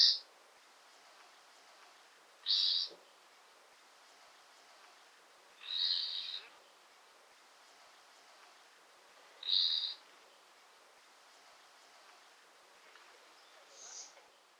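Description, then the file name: Common nightingale calls: short, bright, high notes repeated every three to four seconds over faint steady background hiss. "Luscinia megarhynchos"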